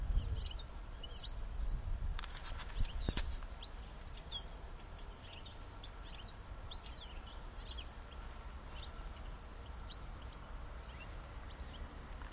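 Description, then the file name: European goldfinch calls: many thin, high twittering chirps and short sweeps, scattered irregularly throughout over low rumbling background noise. "Carduelis carduelis"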